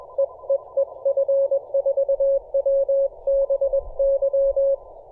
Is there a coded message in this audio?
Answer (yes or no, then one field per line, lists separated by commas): yes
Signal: Morse code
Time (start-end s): 0.2-4.7 s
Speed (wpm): 21 wpm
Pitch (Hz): 560 Hz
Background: none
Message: EEE F4WBY